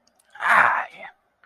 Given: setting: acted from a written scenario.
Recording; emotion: vocal sound without words; pride